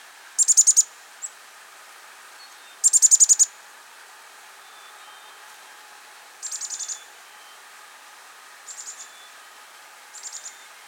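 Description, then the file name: Black-capped chickadee giving bursts of very high, rapid sharp notes in short clusters, some fainter, with no buzzy dee notes in this stretch. "Poecile atricapillus - Black-capped Chickadee"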